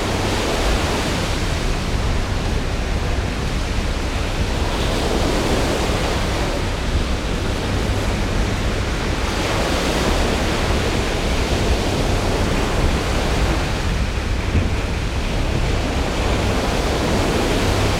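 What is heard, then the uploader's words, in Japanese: A storm at sea roars without pause: dense, hissing wind and rain fill everything from a low rumble up to bright spray. Gusts swell and ease roughly every six to eight seconds, while a deep, steady drone sits underneath throughout. 嵐の大海。白いノイズ、風、雨。荒れ狂う北大西洋と闘う頼もしい貨物タンカーに乗り込んでください。風速70-80ノットという驚異的な速さで吹き荒れ、鋼鉄の船体に雨が容赦なく打ち付けます。船が強力なエンジンの心強いハミングと共に波と踊る揺れを感じてください。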